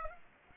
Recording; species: mosquito wingbeat signal from an infrared sensor; Aedes aegypti